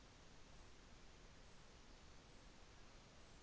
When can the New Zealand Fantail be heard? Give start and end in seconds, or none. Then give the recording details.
none. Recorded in New Zealand on 24 December 2018. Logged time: 15:10